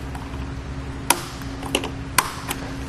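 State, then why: Torque reached. A Yakima roof rack tower clamp is tightened on a crossbar of a 2016 Honda Pilot by turning its tightening knob, and the ratcheting torque limiter clicks at its setting. Sharp clicks come at 1.1, 1.8 and 2.2 seconds over a faint steady low hum, confirming the clamp has reached its set torque.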